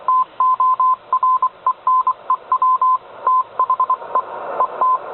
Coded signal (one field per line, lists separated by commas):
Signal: Morse code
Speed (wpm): 23 wpm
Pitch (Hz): 1020 Hz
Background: none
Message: TO RENEW THE ET